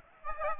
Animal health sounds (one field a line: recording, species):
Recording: mosquito wingbeat signal from an infrared sensor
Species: Aedes aegypti